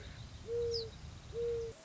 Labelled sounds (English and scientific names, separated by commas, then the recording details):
Mourning Dove (Zenaida macroura)
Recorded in Sonoma County, California